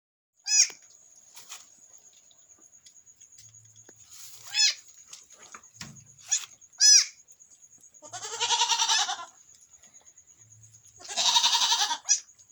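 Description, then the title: Goat bleats: several short, high, downward-curving cries, then two longer, wavering bleats near the end, with a steady high electrical whine throughout. Newborn kid bleating in a farmhouse pen on a small goat farm, born about 5am on 14 January 2022. "My Little Goat Farm"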